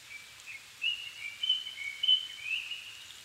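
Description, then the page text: Japanese thrush delivering a fluid phrase of bright whistles and slurred notes, several quick syllables in succession, against faint steady hiss. Recorded 7 May 2011 at 17:59 in the evening; Nikko, Japan; altitude 270 m; Sony PCM-D50 recorder with Panasonic WM-61A microphone. "kurotugumi 20110507-1759. Turdus cardis [Sounds -Nikko Today-]"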